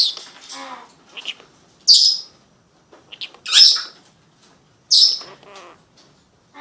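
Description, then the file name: Senegal parrot giving sharp high squawks at irregular intervals, with soft lower chattering notes between them and brief quiet gaps. Senegal parrot talking. "senegalskij popugaj govorit"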